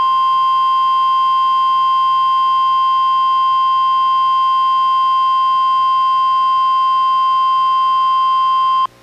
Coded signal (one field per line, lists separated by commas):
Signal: Emergency Alert System (SAME) tones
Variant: 1050 Hz attention tone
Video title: EAS #932: NWR Required Weekly Test- May 15, 2024- 11:01AM PDT